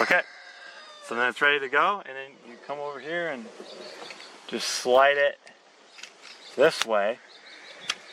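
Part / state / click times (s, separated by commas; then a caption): rotary pellet magazine into air rifle breech / seated / 7.9 s. Someone talks while a loaded eight-round rotary pellet magazine is slid sideways into the breech of a Benjamin Marauder PCP air rifle, before the bolt is closed. A sharp click at 7.9 s marks the magazine seating in place.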